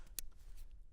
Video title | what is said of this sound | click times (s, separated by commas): Exigent Defense VANISH556 and FIRETEAM556 - Quietest 5.56 Suppressors? | 13 right there. You can hear it click. | 0.2 s